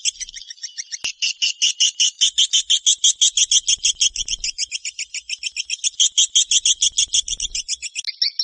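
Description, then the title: Swiftlet twittering: a steady, rapid string of many high chirps, continuing almost without pause. "Suara Burung Wallet"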